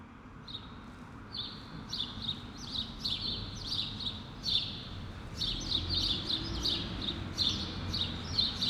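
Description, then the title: Sparrows chirping: a busy stream of short, bright chirps, growing denser toward the end, over a low hum of traffic. Sparrows on Rue Keyenveld, Ixelles, Brussels, Belgium, with cars passing; Lom Usi Pro microphone into a Zoom F6 recorder. "Rue Keyenveld, Ixelles, Bruxelles-Capitale, Belgique - Sparrows - moineaux"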